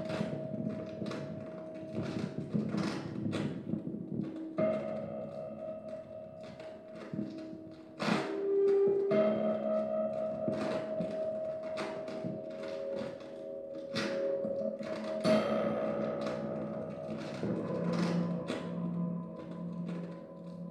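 An improvisation played on a table top full of junk: scattered knocks, taps and clatters land every second or so over layered ringing and humming tones that hold, stop and shift pitch. A bright sustained ring stands out near nine seconds, and low pulsing hums close the piece.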